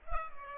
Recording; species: mosquito wingbeat signal from an infrared sensor; Culex pipiens